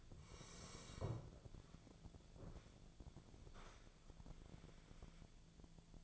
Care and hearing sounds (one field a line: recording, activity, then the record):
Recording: daily activity, microphone in the room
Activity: sit down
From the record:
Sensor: 5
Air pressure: 1000.5 hPa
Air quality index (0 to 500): 148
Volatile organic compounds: 2 ppm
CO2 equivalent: 1148 ppm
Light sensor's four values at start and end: 48/112/47/49 and 48/112/47/49